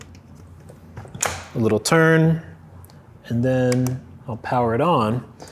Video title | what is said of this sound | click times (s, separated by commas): Neewer Gear Breakdown: MS60 B/C LED Video Light | it snaps right on | 1.2 s